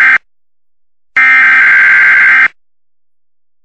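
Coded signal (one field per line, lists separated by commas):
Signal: Emergency Alert System (SAME) tones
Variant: header bursts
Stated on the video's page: Fictional EAS scenario about a Thanksgiving turkey bowl conflict between two high schools; not a real alert.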